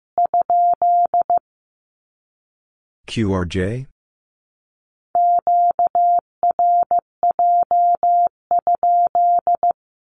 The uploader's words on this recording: Q-Codes Repeated 3x 15wpm. First, the Q-code is sent in Morse code three times as either a statement or a question.